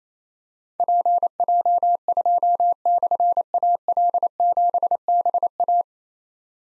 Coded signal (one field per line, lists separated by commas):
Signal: Morse code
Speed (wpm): 28 wpm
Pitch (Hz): 700 Hz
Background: none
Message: PJ2/AL7BA